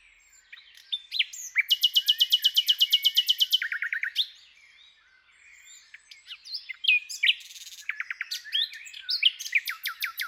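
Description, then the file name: Common nightingale delivering a long, rapid series of identical sharp notes, followed by a lower brief trill, a quiet pause, then scattered loud whistled and chirping notes. "Luscinia megarhynchos"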